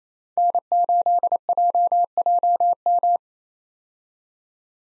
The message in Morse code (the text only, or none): N8JJM